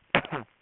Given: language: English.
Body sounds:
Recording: throat vibration sensor signal played as sound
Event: cough

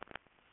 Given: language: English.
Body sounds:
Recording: throat vibration sensor signal played as sound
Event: swallow

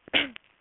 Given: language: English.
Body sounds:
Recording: throat vibration sensor signal played as sound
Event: cough

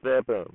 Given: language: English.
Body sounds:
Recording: throat vibration sensor signal played as sound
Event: speech

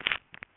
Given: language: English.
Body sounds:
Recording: throat vibration sensor signal played as sound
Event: swallow

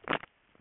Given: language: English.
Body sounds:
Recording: throat vibration sensor signal played as sound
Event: swallow

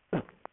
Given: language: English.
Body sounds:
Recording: throat vibration sensor signal played as sound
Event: cough

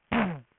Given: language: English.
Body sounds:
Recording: throat vibration sensor signal played as sound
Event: throat clearing

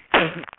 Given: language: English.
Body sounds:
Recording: throat vibration sensor signal played as sound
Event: cough

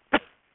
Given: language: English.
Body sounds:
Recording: throat vibration sensor signal played as sound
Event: cough

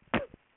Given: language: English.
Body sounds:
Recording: throat vibration sensor signal played as sound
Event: cough

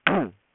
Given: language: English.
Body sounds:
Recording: throat vibration sensor signal played as sound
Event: throat clearing

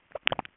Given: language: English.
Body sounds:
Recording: throat vibration sensor signal played as sound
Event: swallow

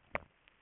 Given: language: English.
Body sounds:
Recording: throat vibration sensor signal played as sound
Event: swallow

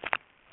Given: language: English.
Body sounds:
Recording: throat vibration sensor signal played as sound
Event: swallow

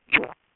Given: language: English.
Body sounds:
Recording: throat vibration sensor signal played as sound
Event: swallow

